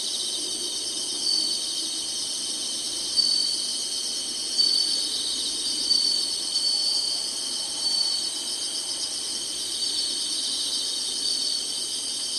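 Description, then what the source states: Insects singing a dense, high sizzling chorus, with a few short louder swells. Singing insects in summer.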